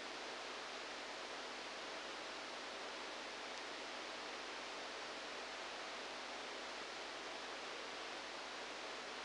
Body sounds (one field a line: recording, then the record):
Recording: brain microelectrode recording played as sound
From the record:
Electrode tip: outside the subthalamic nucleus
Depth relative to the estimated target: -4 mm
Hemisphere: left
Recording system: NeuroSet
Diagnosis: Parkinson's disease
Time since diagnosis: 10 years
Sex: male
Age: 63 years